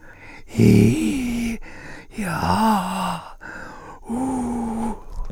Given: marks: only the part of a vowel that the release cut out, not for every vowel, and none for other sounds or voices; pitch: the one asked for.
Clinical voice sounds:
sustained vowels; male; 50 to 59 years; 3; 1; 3
0.65-1.47 s: vowel /i/, low-high-low pitch
2.48-3.09 s: vowel /a/, low-high-low pitch
4.15-4.85 s: vowel /u/, low-high-low pitch
From the record:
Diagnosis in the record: recurrent laryngeal nerve paralysis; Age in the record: 56 years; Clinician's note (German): Rechts bei Ösophagus-CA

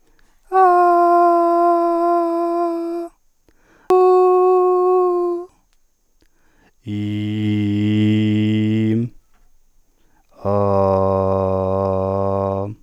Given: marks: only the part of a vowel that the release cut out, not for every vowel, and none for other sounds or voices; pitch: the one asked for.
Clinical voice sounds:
sustained vowels; male; 30 to 39 years; 0; 0; 0
0.58-1.74 s: vowel /a/, high pitch
3.92-5.03 s: vowel /u/, high pitch
6.96-8.95 s: vowel /i/, low pitch
10.51-12.50 s: vowel /a/, low pitch
From the record:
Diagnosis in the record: dysarthrophonia, central laryngeal movement disorder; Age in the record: 38 years

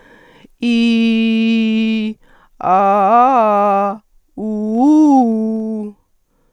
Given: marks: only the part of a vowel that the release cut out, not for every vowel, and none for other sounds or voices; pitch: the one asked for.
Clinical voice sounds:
sustained vowels; female; 50 to 59 years; 0; 0; 0
0.74-1.96 s: vowel /i/, low-high-low pitch
2.80-3.84 s: vowel /a/, low-high-low pitch
4.51-5.74 s: vowel /u/, low-high-low pitch
From the record:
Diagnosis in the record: recurrent laryngeal nerve paralysis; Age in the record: 54 years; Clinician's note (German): Rechts, phonatorisch komplett kompensiert

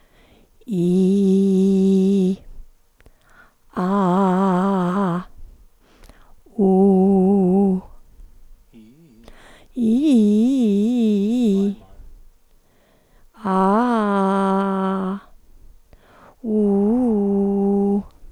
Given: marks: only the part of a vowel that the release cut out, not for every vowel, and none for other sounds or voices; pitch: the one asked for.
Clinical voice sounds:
sustained vowels; female; 50 to 59 years; 1; 0; 1
0.81-2.23 s: vowel /i/, low pitch
3.83-4.87 s: vowel /a/, low pitch
6.67-7.68 s: vowel /u/, low pitch
10.19-11.60 s: vowel /i/, low-high-low pitch
13.55-14.98 s: vowel /a/, low-high-low pitch
16.85-17.88 s: vowel /u/, low-high-low pitch
From the record:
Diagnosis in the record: hyperfunctional dysphonia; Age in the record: 56 years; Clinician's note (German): Ponogen

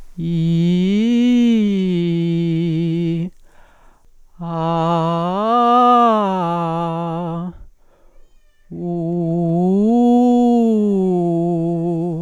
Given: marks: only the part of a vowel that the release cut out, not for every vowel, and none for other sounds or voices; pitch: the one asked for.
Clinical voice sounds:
sustained vowels; female; 40 to 49 years; 0; 0; 0
0.37-2.92 s: vowel /i/, low-high-low pitch
4.60-7.22 s: vowel /a/, low-high-low pitch
9.00-11.94 s: vowel /u/, low-high-low pitch
From the record:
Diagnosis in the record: functional dysphonia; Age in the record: 41 years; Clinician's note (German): Funktionelle Dysphonie

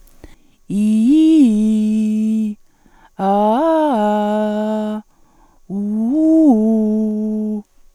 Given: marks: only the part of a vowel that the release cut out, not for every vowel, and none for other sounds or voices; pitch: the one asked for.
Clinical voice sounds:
sustained vowels; female; 50 to 59 years; 1; 1; 0
0.84-2.37 s: vowel /i/, low-high-low pitch
3.27-4.79 s: vowel /a/, low-high-low pitch
5.80-7.44 s: vowel /u/, low-high-low pitch
From the record:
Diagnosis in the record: hyperfunctional dysphonia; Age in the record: 50 years

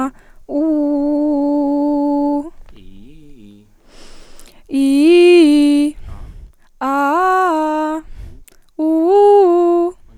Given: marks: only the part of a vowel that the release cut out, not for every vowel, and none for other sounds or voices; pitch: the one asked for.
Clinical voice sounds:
sustained vowels; female; 20 to 29 years; 0; 0; 0
0.60-2.33 s: vowel /u/, low pitch
4.78-5.84 s: vowel /i/, low-high-low pitch
6.87-7.93 s: vowel /a/, low-high-low pitch
8.83-9.84 s: vowel /u/, low-high-low pitch
From the record:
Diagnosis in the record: healthy voice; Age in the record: 23 years

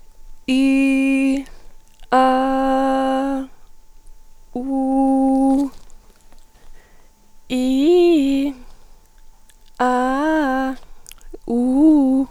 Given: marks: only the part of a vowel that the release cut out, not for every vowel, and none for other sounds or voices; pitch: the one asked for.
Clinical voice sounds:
sustained vowels; female; 30 to 39 years; 0; 0; 0
0.65-1.28 s: vowel /i/, low pitch
2.46-3.27 s: vowel /a/, low pitch
4.79-5.50 s: vowel /u/, low pitch
7.61-8.39 s: vowel /i/, low-high-low pitch
9.90-10.64 s: vowel /a/, low-high-low pitch
11.55-12.15 s: vowel /u/, low-high-low pitch
From the record:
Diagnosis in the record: psychogenic dysphonia, superior laryngeal neuralgia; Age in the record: 35 years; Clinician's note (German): Leicht funktionelle Dysphonie

